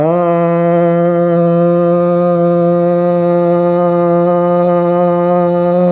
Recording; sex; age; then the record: sustained vowel /a/; male; 60 to 69 years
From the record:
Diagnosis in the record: amyotrophic lateral sclerosis, spinal onset 16 months earlier, no bulbar signs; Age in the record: 66 years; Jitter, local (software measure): 0.27%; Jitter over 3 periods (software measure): 0.14%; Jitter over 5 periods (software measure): 0.17%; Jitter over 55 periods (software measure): 0.55%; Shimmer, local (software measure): 2.3%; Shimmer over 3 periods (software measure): 1.2%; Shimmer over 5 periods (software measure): 1.4%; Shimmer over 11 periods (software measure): 2.1%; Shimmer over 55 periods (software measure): 3.7%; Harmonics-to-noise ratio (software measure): 21.5 dB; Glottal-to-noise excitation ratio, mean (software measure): 0.90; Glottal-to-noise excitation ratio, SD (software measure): 0.034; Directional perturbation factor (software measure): 63.0%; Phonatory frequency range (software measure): 0.28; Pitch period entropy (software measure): 0.60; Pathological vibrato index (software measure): 0.46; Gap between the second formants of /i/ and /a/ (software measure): 817 Hz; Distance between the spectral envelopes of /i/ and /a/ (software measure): 8.6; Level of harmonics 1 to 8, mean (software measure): -4.9, -6.3, -1.9, -10.7, -23.1, -23.6, -17.3, -27.6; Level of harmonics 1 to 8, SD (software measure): 1.4, 1.3, 0.9, 2.7, 8.4, 4.5, 3.4, 3.3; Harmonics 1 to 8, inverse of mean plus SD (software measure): 0.158, 0.132, 0.355, 0.075, 0.032, 0.036, 0.048, 0.032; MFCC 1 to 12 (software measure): 3.8, -8.5, -8.3, -8.5, -9.4, -4.2, -0.5, -0.5, -14.6, -10.1, -5.8, -2.9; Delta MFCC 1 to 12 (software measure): -0.002, 0.002, -0.009, 0.006, -0.005, -0.009, -0.004, -0.003, 0.000, 0.002, -0.011, -0.012